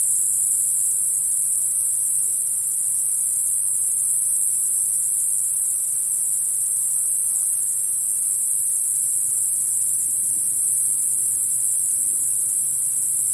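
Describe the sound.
Cicada giving a constant shrill high-pitched whine with no pauses, steady in loudness from start to finish.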